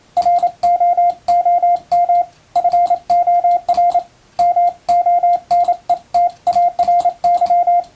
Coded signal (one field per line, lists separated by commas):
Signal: Morse code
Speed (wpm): 28 wpm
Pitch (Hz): 700 Hz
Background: radio noise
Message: ROOM FOR MONETARY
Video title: 毎日モールスの受信練習をしよう！普通文の欧文モールス符号をエレキーで打ってみました！ちょっと早いですがYouTubeの再生速度を調整して自分の好みの速さで聴こう morse code practice